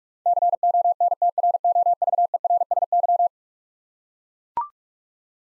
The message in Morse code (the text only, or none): CONTROVERSY